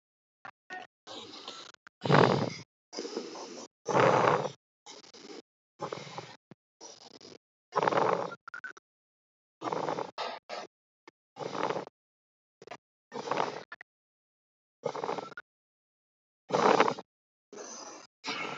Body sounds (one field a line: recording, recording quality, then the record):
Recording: shallow breathing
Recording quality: excellent, no background noise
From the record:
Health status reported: healthy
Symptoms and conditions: none ticked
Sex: male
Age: 30 years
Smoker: yes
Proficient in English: yes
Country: India